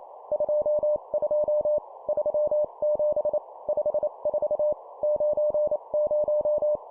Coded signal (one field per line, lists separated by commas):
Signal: Morse code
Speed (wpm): 28 wpm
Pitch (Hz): 600 Hz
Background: none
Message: 22 37 54 90